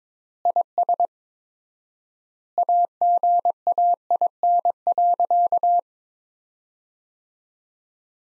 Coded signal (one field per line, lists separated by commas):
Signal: Morse code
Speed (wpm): 22 wpm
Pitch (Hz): 700 Hz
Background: none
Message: IS AGAIN.